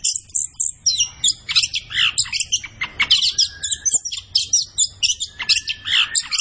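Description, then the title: Orange-headed thrush pouring out a rapid, scratchy medley of high chirps and trills, almost continuous throughout. Indonesian songbird-keeping training recording (masteran), bird described as gacor. "Anis Kembang Gacor. Kicau Mania Masteran Anis Kembang"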